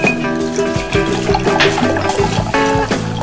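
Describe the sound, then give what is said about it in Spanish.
Wine pours steadily into a glass with a continuous splashing gurgle, with ringing tonal notes that shift in pitch as it flows, fairly loud and with no voices. “Podría ser agua, ¿no? Pero no, amigos, les digo que es un vino delicioso, ¿no?”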